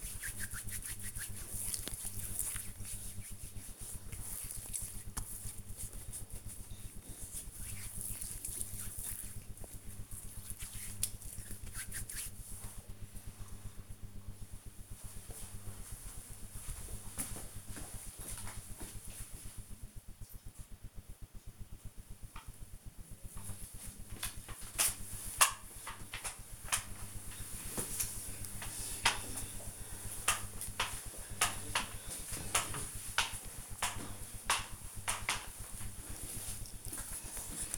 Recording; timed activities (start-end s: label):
household activities, microphone on the right wrist
0.00-12.03 s: cream hands
24.11-37.78 s: floor cleaning